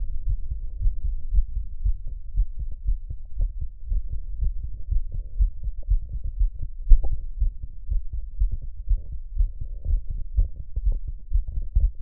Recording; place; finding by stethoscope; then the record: heart sounds by stethoscope; tricuspid valve (TV); normal heart sounds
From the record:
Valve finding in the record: tricuspid regurgitation, grade 0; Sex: male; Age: 20 years